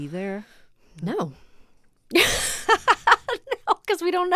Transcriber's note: laughter